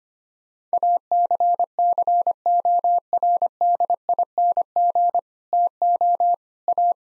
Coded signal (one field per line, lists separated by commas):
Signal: Morse code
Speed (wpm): 25 wpm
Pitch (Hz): 700 Hz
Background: none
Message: ACCORDING TO A